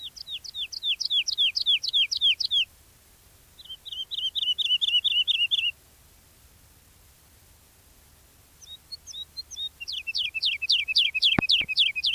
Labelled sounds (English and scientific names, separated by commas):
Wood Lark (Lullula arborea)